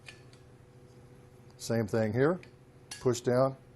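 A scraper blade is handled on the beater bar of a SaniServ Model 108 frozen beverage machine, about to be pushed down over the bar's two flats and turned to lock in place. Someone talks over a few faint ticks and light handling sounds. Nothing has seated or locked yet.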